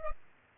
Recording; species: mosquito wingbeat signal from an infrared sensor; Culex pipiens